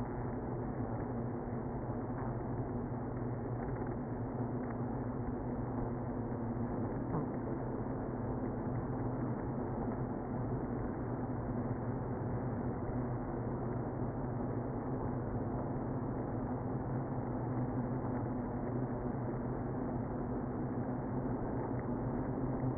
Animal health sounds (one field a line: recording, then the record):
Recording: honeybee colony, microphone inside the hive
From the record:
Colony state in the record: queenless (queen removed)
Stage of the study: after two queens were removed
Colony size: about 60,000 bees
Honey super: yes